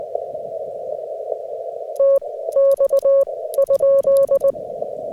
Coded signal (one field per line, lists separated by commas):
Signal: Morse code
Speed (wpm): 19 wpm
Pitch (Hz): 550 Hz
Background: none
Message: TX?